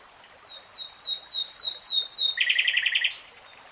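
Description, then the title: Nightingale song: sweeping descending slurred notes repeated several times, then a fast, even rattle. "[Tiếng chim hót] REALTIME Nightingale Singing"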